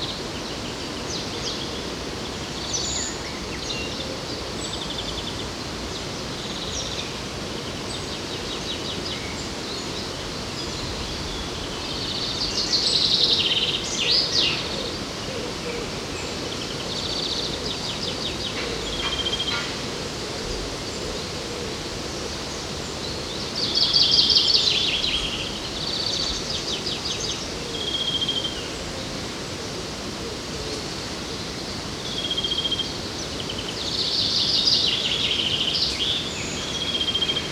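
Along the river in Odense, a steady low rushing hiss fills the whole clip. Bright bird calls and short song phrases break through now and then, most clearly around 13, 24 and 35 seconds, with softer chirps scattered between.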